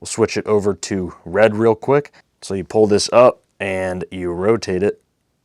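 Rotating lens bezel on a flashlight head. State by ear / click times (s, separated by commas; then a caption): not seated / none. The rotating lens bezel on the head of a Streamlight Sidewinder military flashlight is handled, pulled up and turned to switch to the red lens, while someone talks throughout. Nothing has seated or clicked into the red position yet.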